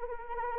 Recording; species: mosquito wingbeat signal from an infrared sensor; Anopheles arabiensis